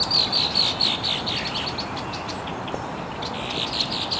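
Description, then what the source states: Birds chirping, a run of quick high descending chirps repeated at the start, then scattered softer calls over a steady background hiss. Birds chirping very early in the morning in an estuary.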